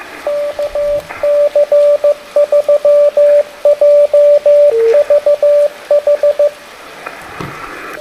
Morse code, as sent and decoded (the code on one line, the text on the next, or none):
-.- -.-. ...-- .--- ...- ....
KC3JVH